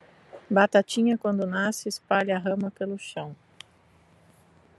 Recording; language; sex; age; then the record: short text; Brazilian Portuguese; female; 30 to 39 years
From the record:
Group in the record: control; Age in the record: 38 years